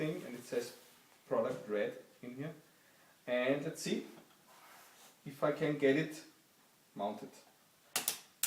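Someone talks while mounting a red polyurethane magnetic Smart Cover with a microfiber lining onto the edge of an Apple iPad 2, bringing its hinge toward the tablet's side magnets. Short handling taps are heard near the end, around 8.0 and 8.4 seconds. The hinge has not yet snapped onto the magnets, and nothing has clicked or seated yet.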